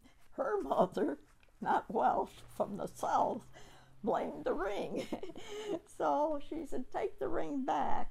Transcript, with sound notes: Her mother -- not Welsh, from the south -- blamed the ring. [Laughs] So she said take the ring back,